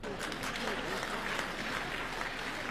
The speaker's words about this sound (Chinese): 别鼓掌，坏了坏了，禽流感了。